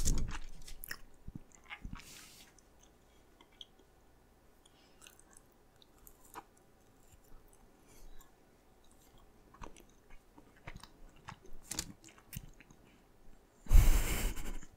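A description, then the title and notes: Crisp bites and crunchy chewing of sweet pink foods come in short irregular bursts, with quiet pauses and a louder rustle near the end. ASMR Eating Most Popular Foods - PINK FOOD Donut, Pocky, Boba, Mochi, Rock Candy, Marshmallow.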